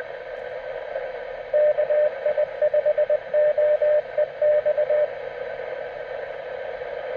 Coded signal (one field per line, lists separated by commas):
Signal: Morse code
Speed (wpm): 21 wpm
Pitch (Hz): 600 Hz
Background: radio noise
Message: KI5OEX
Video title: Ham Radio Fox Hunting | Can We Find the Hidden Transmitter?